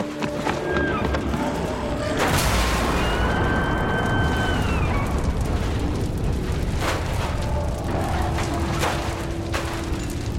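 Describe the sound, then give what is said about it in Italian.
A house explodes with a loud burst that destroys it, giving way to a sustained roaring, crackling rumble of fire and debris that fills the whole stretch, with a few sharper pops and bangs scattered throughout. “L'esplosione distrusse la casa.”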